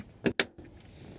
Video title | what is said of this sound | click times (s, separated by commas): Door Pull Strap Replacement - 1982 Chevy C10 6.2L Diesel - Silverado - Square Body | snap into place. Boy, that looks pretty. | 0.4 s